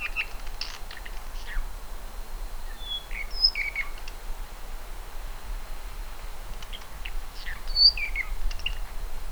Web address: Himatione sanguinea